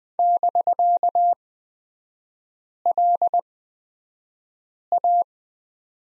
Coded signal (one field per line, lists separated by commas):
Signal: Morse code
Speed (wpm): 20 wpm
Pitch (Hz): 700 Hz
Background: none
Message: <BK>LA